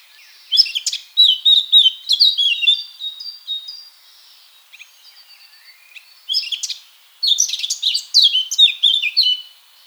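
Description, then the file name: Eurasian blackcap singing bursts of fast, scratchy warbling notes separated by pauses, with soft background chirps between phrases. "Sylvia atricapilla"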